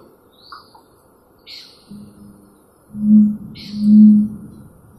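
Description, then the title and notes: Red-ruffed fruitcrow giving deep, low booming notes, a soft one then two strong hoots a second apart, while small birds chirp in brief high sweeps. Also called pavô, jacupiranga, pavão-do-mato, jacu-touro; family Cotingidae, order Passeriformes; occurs from Bahia to Rio Grande do Sul and from Goiás to Brasília; rare in southeast Brazil due to deforestation. "pavó. Casa dos Pássaros"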